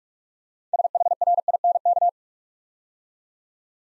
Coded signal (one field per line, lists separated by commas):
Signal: Morse code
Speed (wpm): 44 wpm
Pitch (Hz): 700 Hz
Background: none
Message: SHRINK